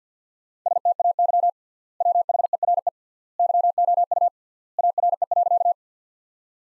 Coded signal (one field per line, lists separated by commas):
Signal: Morse code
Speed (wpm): 50 wpm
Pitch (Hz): 700 Hz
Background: none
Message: STAY WHERE YOU ARE.